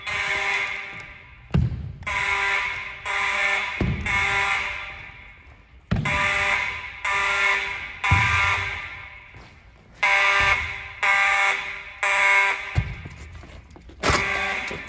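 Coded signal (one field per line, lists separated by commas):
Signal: alarm pattern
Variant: mechanical fire alarm horns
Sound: loud buzzing fire alarm horns pulsing on and off, about every half second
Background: room echo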